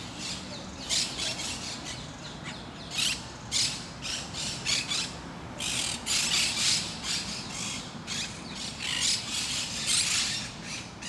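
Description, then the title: Parakeets squawking busily, harsh screechy notes in quick irregular bursts, faint low background noise. Recorded in Parc de Forest, Saint-Gilles, Belgium, with Sony PCM-D100 internal microphones in wide position. "Parc de Forest, 1060 Saint-Gilles, Belgique - Parakeets - Perruches"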